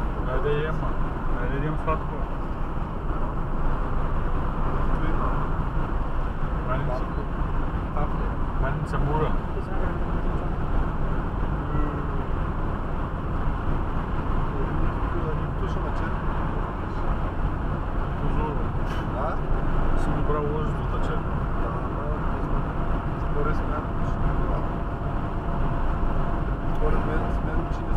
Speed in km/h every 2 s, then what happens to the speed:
56, 59, 63, 63, 64, 64, 64, 64, 65, 66, 65, 66, 66, 69.
0-4 speeds up to 63. 4-28 steady at about 64.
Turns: none.